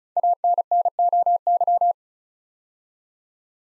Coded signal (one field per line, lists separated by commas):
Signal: Morse code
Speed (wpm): 36 wpm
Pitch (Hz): 700 Hz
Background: none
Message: ANNOY